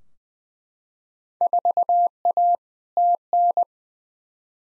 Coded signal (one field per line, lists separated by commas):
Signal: Morse code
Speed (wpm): 20 wpm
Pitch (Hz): 700 Hz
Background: none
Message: 4A TN